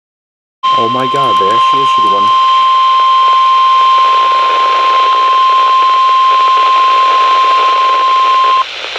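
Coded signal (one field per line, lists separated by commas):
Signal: Emergency Alert System (SAME) tones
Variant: 1050 Hz attention tone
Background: speech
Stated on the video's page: Severe thunderstorm warning received on weather radio stations WXJ75 and KXI46 and on FM station WMKR.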